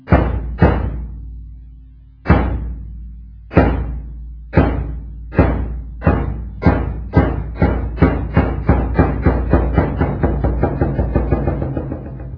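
A deep drum is struck alone to announce the afternoon audience, starting with a couple of slow, booming strokes spaced apart, then the beats steadily quicken into a fast, continuous roll.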